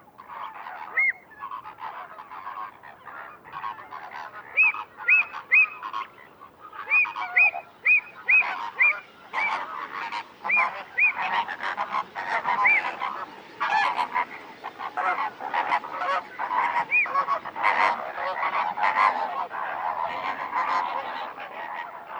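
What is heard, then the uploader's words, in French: A continuous, dense chorus of flamingos surrounds the listener with goose-like honking and gabbling, punctuated by rhythmic repeated calls around five to eleven seconds. Murmures de l'hiver en Camargue. 23h00 - Digue à la mer - Phare de la Gacholle - Camargue - Nomad zaxcom - mkh8020. Rumeur continue des Flamants roses tout autour de moi. Le mistral se repose pour quelques heures, laissant enfin les sons et ambiances se propager dans ce merveilleux paysage de sansouire hivernal. Mes micros sont à une centaine de mètres sur un promontoire et se gavent de sonorités sauvages.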